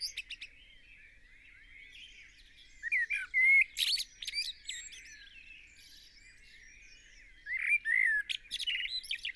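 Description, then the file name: Common blackbird singing two phrases of rounded whistles and thin twitters, separated by a pause with faint calls of other birds. "Turdus merula"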